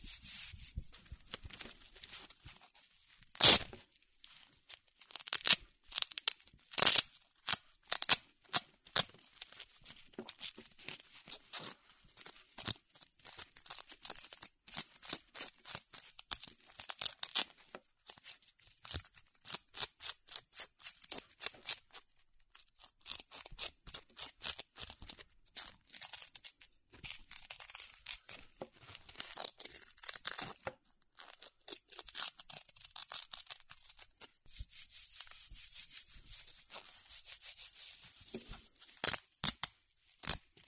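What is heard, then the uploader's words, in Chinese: Velcro being pulled apart and pressed together, a run of sharp, ripping bursts that come in quick irregular clusters throughout. The rasps are bright and crackly, with a loud tear near four seconds and brief quiet gaps between. 魔鬼氈｜Velcro。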